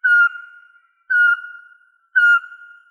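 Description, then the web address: Eurasian pygmy owl calling: three clear whistled notes at one steady pitch, about one per second, each ending in a soft trailing fade; nothing else audible. "Glaucidium passerinum"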